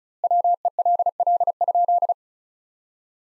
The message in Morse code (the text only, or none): WELL?